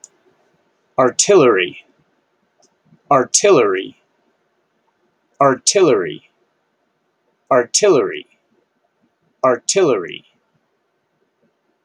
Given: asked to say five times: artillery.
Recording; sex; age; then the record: repeated word; male; 50 to 59 years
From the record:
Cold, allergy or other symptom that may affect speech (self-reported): no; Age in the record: 52 years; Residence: Colorado, United States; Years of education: 14